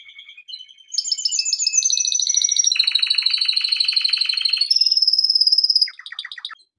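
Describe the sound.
Canary song, soft opening notes followed by fast rolling trills at several pitches, ending with a rising high tour and brief chips.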